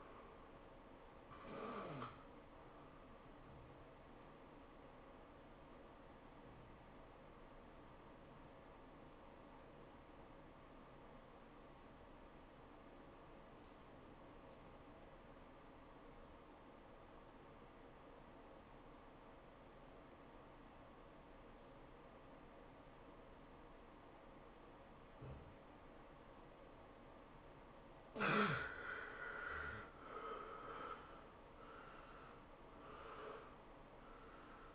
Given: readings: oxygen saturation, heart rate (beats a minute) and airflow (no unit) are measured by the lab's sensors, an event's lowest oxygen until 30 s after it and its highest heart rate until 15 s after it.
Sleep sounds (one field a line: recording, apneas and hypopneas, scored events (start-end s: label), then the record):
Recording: breathing in sleep by a voice recorder at the bedside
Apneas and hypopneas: 1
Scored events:
6.00-29.20 s: obstructive apnea (N1, oxygen 97% highest, then 75% lowest, heart rate 92 at the start, 107 highest)
From the record:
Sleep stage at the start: N1 (lightest sleep)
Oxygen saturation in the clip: 78 to 97%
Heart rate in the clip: 81 to 103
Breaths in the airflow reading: 3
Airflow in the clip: -15.8 to 11.7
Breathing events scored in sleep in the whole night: 403 in 5.5 hours asleep